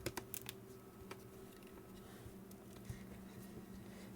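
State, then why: Seated. A plastic front frame holding a new glass touch-screen digitizer is pressed onto the housing of a Garmin GPS navigator. Sharp plastic snaps come in quick succession at 0.1, 0.2, 0.3 and 0.5 seconds, with a softer tick at 1.1 seconds, over a steady low hum. The bezel is seated and snapped in place.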